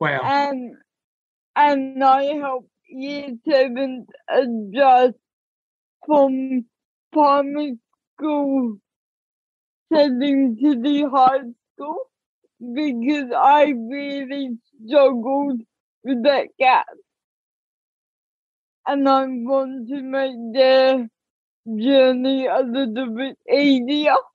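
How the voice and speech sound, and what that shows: Slow, effortful speech from a young adult woman with cerebral palsy, diagnosed at age two, broken by long pauses, with stretched, nasal sounds and dropped consonants: dysarthria. The condition affects her speech and also her walking and fingers.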